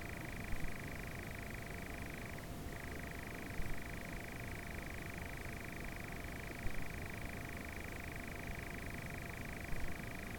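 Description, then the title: Nightjar giving a long, even, purring trill with one short break near the start, then steady churring throughout over low background noise. More than one nightjar. "Nightjars and a passing car"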